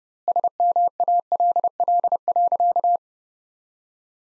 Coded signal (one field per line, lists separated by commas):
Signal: Morse code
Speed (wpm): 32 wpm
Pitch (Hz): 700 Hz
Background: none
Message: SMALL.